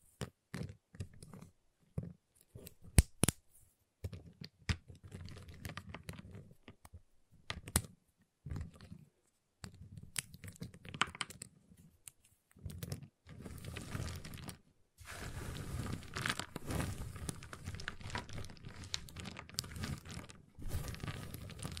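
Tapping, cutting and snapping on a giant chocolate bar, with sharp clicks and cracks scattered through the first half and short gaps of silence between bursts. After about fifteen seconds the sounds become denser and more continuous, with crinkling wrapper noise and quick scraping strokes.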